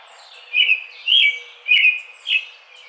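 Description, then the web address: American robin singing four clear, slurred whistled phrases in quick succession, each about half a second apart, with a faint hiss behind. Recorded on 4 May 2009. "American Robin 2009 05 04"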